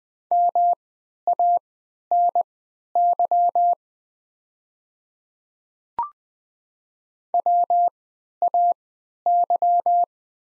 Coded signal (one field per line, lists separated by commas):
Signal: Morse code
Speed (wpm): 20 wpm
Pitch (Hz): 700 Hz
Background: none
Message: MANY WAY